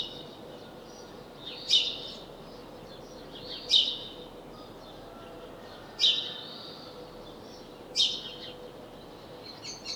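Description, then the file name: House sparrow giving single sharp chirps roughly every two seconds, four clear ones, above a quiet hiss and a low faint hum. "Passer domesticus"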